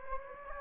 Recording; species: mosquito wingbeat signal from an infrared sensor; Anopheles gambiae